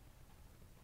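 The threaded metal front-end nose housing of a rivet installation tool is being tightened toward its detent. Only a steady, faint low rumble with broadband hiss is heard, with no distinct transients. Nothing has seated or clicked yet.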